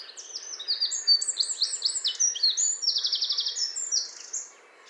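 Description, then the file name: Eurasian wren song, a rapid high-pitched tumble of twittering notes with a dry buzzy trill, delivered loudly and continuously for about four seconds. "Troglodytes troglodytes"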